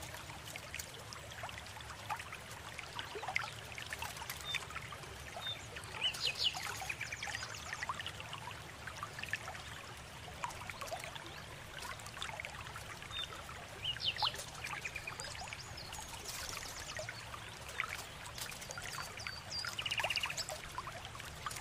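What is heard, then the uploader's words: A calm river trickles and splashes steadily, its busy, bubbling patter filling the whole 22 seconds over a soft low rumble. Brief bright bird phrases break through now and then, around six, fifteen and twenty seconds. Enchanted Autumn forest Ambience | nightingale singing | calm river.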